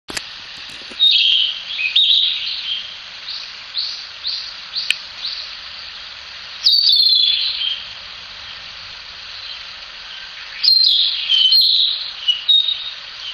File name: キビタキ